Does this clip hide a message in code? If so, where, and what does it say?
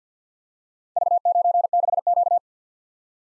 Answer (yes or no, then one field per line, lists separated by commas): yes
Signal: Morse code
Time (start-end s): 1.0-2.4 s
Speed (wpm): 52 wpm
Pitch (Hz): 700 Hz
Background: none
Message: V96Q